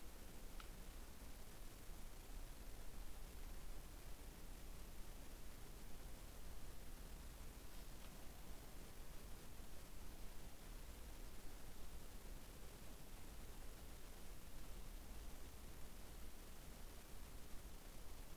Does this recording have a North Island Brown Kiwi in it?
no